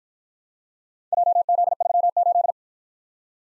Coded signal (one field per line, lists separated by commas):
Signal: Morse code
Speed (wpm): 53 wpm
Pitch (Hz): 700 Hz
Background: none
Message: JZ38